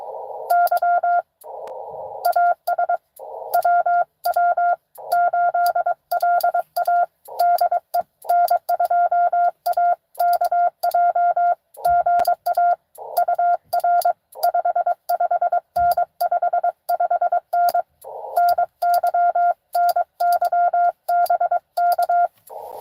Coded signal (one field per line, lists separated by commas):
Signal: Morse code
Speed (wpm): 22 wpm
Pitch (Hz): 700 Hz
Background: none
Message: Y AS WW8LA DE N2AKJ GA UR 55N 55N NY NY BK